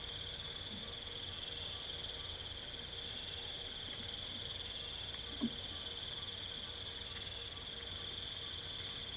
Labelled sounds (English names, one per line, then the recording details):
none
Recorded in pastures near Puerto Asís, Putumayo, Colombia, on 21 December 2024 at 18:30
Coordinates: 0.486, -76.323
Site GP01